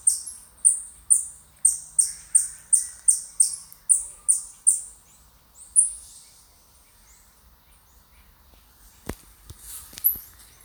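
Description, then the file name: Siberian chipmunk calls, sharp high chips repeated about three times a second for about six seconds, then quiet with a few clicks and knocks near the end. Recorded in Tilburg. "Siberian chipmunk Eutamias sibiricus Tilburg"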